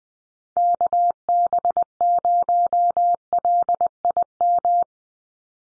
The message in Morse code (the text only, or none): KB0LIM